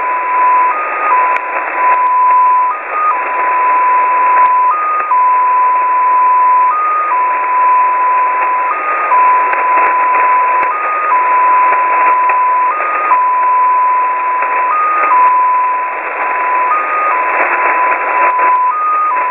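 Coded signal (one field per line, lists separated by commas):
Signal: numbers station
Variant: XPA2 polytone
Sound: steady whistling tone in hiss, hopping briefly to a slightly higher pitch every second or two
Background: radio static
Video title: Russian XPA2 polytone number station at 14538 kHz (long message)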